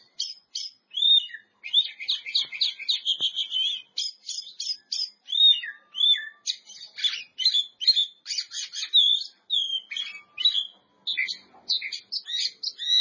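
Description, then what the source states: Oriental magpie-robin delivering a fast, continuous song of high chirps, trills and whistled notes in short clustered bursts. Champion songbird.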